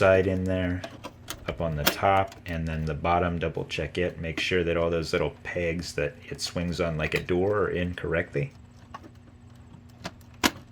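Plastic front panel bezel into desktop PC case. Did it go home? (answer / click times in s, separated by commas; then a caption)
yes / 10.5 s. Someone talks while the plastic front bezel of an HP p7-1054 desktop PC is swung shut on its hinge pegs and pressed against the metal chassis, with faint knocks of handling after the talk stops. A sharp click at 10.5 s is its clips snapping in, and the front panel is seated in the case.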